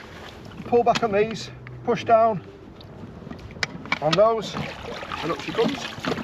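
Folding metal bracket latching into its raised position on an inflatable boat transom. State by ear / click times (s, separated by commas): not seated / none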